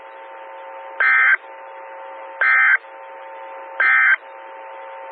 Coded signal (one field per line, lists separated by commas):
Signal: Emergency Alert System (SAME) tones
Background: speech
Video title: 2014-06-16 - WX9MCS 147.255 MHz SKYWARN Repeater